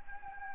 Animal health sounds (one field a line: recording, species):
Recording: mosquito wingbeat signal from an infrared sensor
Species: Anopheles gambiae